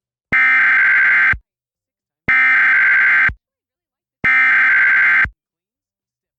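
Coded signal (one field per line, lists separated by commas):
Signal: Emergency Alert System (SAME) tones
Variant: header bursts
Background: speech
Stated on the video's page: Fictional EAS scenario recreating tones on an AT&T U-verse cable provider alert, with updated audio.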